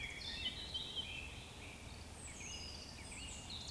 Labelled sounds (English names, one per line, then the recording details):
Eurasian Woodcock whistle
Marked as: whistle, whistle
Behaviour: display flight
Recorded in Baden-Württemberg, Germany, on 19 May 2020 at 19:20 UTC
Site 31917, 145 m above sea level